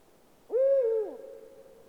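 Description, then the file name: Eurasian eagle-owl uttering a single low, resonant hoot that bends downward at its close, followed by a faint steady tone. "puchacz zwyczajny Bubo bubo"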